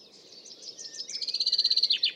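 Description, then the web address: Bird song: a high, rapid, even trill of short notes that grows louder and runs almost without a break through the whole moment. "cianscape birddata Deverinetal 2025 Bird Only"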